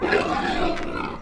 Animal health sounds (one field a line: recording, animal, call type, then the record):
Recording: contact call of a hoofed animal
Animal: wild boar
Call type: grunt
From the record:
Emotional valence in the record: negative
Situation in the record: naturally occurring agonistic interactions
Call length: 1.22 s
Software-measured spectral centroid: 1720 Hz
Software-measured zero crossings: 1850 a second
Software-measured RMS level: -24 dBFS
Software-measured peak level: -6 dBFS